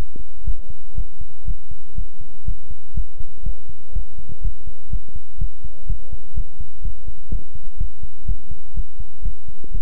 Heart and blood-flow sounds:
heart sounds by stethoscope; between the tricuspid and mitral areas; 123 bpm
0.44 s: heartbeat
0.94 s: heartbeat
1.45 s: heartbeat
1.95 s: heartbeat
2.44 s: heartbeat
2.94 s: heartbeat
3.43 s: heartbeat
3.92 s: heartbeat
4.41 s: heartbeat
4.89 s: heartbeat
5.38 s: heartbeat
5.86 s: heartbeat
6.34 s: heartbeat
6.81 s: heartbeat
7.29 s: heartbeat
7.77 s: heartbeat
8.25 s: heartbeat
8.74 s: heartbeat
9.22 s: heartbeat
9.71 s: heartbeat
From the record:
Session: pedaling a stationary bicycle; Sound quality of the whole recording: good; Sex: male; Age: 24 years

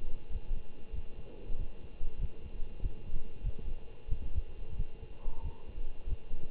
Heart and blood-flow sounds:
heart sounds by stethoscope; between the tricuspid and mitral areas; 94 bpm
0.29 s: heartbeat
0.92 s: heartbeat
1.56 s: heartbeat
2.18 s: heartbeat
2.80 s: heartbeat
3.41 s: heartbeat
4.08 s: heartbeat
4.75 s: heartbeat
5.42 s: heartbeat
6.06 s: heartbeat
From the record:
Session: Bruce protocol treadmill stress test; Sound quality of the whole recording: good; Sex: male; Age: 25 years

